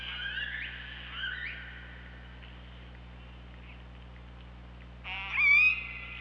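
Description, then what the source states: Killer whale calls underwater: buzzy calls with harmonics early on, then a loud rising whistled call near the end over steady low hum. Recorded with the OrcaLab hydrophone on 24 August 2017 at 15:19.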